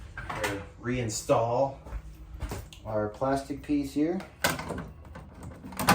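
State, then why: Not seated. A plastic cover panel is being handled back into the housing of a Nuova Simonelli Appia Life single group espresso machine after the drain hose and braided water line are installed. Someone talks while brief handling knocks land around 0.2, 0.3, 2.7, 5.8 and 5.9 seconds. Nothing has seated or clicked yet.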